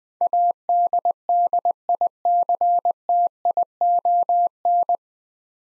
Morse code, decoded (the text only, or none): ADDICTION